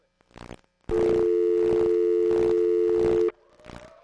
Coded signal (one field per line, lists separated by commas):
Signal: telephone call progress tone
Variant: North America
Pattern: dial tone